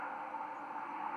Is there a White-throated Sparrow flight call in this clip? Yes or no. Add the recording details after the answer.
no. Another species' flight call is heard. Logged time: 23:56 on 30 October 2014